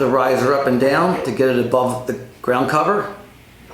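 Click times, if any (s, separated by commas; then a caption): none. A telescoping metal riser stem for a landscape light is handled while someone talks about extending it up and down to clear the ground cover. No click is heard, and the riser has not yet locked in place at its set height in the lower collar.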